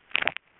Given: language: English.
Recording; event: throat vibration sensor signal played as sound; swallow